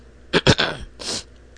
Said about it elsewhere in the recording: I don't know why I was just sneezing.